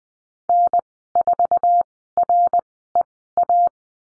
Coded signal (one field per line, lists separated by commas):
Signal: Morse code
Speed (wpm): 20 wpm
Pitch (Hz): 700 Hz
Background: none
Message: N4REA